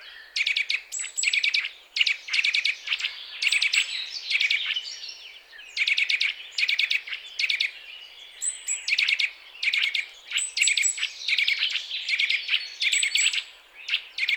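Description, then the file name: Eurasian nuthatch calling in repeated short bursts of rapid, sharp notes. "Sitta europaea"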